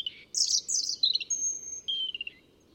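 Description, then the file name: European robin singing a scratchy high burst, then a long thin whistled note and a lower falling trill, with a soft low background hum throughout. "Erithacus rubecula"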